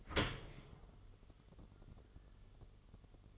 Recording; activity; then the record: daily activity, microphone in the room; open dishwasher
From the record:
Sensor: 4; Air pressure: 1015.8 hPa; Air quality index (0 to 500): 115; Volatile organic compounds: 2 ppm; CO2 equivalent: 1298 ppm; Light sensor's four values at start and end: 8/18/7/7 and 8/18/7/7